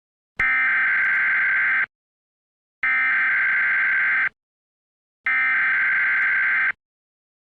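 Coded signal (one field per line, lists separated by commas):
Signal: Emergency Alert System (SAME) tones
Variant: header bursts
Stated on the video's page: Fictional Purge-themed EAS mock, not a real alert.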